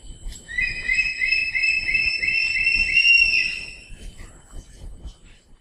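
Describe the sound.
Crested hawk-eagle call, a rapid run of high, clear whistled notes strung together for about three seconds, over faint low background noise.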